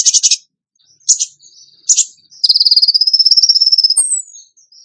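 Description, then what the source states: Bird song: three short buzzy bursts, then a rapid pulsed trill that rises gently and ends in a high falling whistle. Masteran training recording; tembakan gacor song style.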